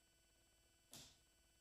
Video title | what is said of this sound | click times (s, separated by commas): How To Address Envelopes With Cricut - The EASY Way! | i'm bad not bad it's a pretty click i like that click | 0.9 s